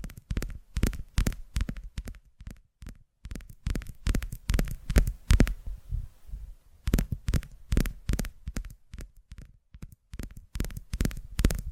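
Rapid tapping runs in quick bursts, each tap a sharp, full-range knock with a thumping low end. The taps come in uneven clusters several times a second, with a brief pause near the middle before the steady rhythm resumes to the end.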